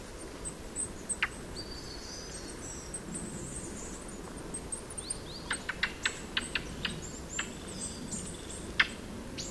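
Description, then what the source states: Ring ouzel calls: dry, hard clicking notes in an irregular series, bunched into a quick burst midway, with thin high squeaky notes above and a steady low rumble beneath. Recorded on 24 October 2014 in the Rusel area.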